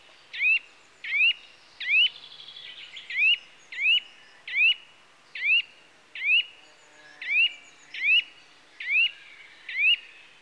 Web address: The BBC Sound Effects Library - Complete 60 CDs Collection. Nuthatch (Sitta Europaea) Calls